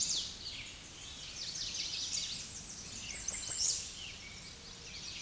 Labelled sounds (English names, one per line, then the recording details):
American Redstart song
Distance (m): 10 m
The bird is about 5 m above the microphone
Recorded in a Pennsylvania forest on 16 May 2024 at 07:59
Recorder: AudioMoth, point MSD-0019
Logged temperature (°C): 16.7 °C
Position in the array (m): 65 m, 237 m